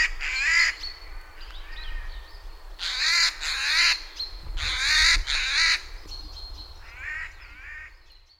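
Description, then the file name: Eurasian jay giving loud, raspy screeches, mostly in close pairs, in four bouts, the last softer, over a faint low rumble. "Garrulus glandarius"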